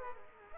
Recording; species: mosquito wingbeat signal from an infrared sensor; Culex quinquefasciatus